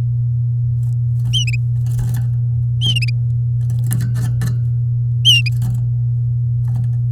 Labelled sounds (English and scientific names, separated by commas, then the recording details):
Domestic Canary (Serinus canaria) song
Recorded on 7 May 2018 at 08:50
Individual llb16